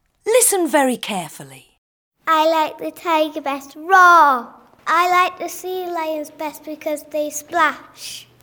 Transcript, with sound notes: Listen very carefully…
[FX: VOICES] I like the tiger best. Raargh! / I like the sea lions best because they splash.